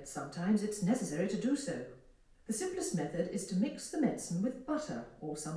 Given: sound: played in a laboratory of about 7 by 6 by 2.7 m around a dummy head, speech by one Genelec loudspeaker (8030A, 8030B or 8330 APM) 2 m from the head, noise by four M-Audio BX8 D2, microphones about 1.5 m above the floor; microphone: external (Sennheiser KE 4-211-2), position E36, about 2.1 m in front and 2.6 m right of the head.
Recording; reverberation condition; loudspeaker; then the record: female speech in English; medium; 150 degrees to the left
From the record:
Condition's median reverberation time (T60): about 510 ms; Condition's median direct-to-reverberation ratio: about -0.5 dB